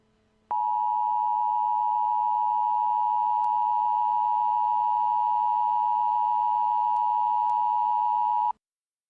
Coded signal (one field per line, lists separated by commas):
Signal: Emergency Alert System (SAME) tones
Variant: 853 and 960 Hz attention tone